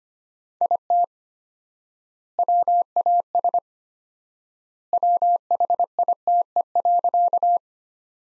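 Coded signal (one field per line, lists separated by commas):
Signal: Morse code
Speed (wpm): 25 wpm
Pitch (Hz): 700 Hz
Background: none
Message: IT WAS WHITE.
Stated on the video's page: Practice sentences from top 300 words at 25 wpm with 4x standard word spacing, a word-level Farnsworth-like method.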